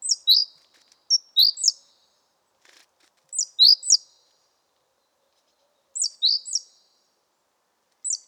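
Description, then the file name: Great tit calls: short, high, sharp chirps in clusters of two or three, repeated every few seconds, with quiet gaps between. "Parus major"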